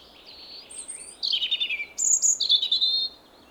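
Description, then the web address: European robin song of thin high whistles, then a warbled descending burst and a bright trilled phrase, quiet between phrases. "SETE Erithacus rubecula"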